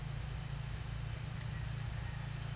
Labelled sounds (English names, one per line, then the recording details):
none
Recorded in secondary vegetation near Puerto Asís, Putumayo, Colombia, on 24 June 2025 at 15:00
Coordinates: 0.498, -76.327
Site GP09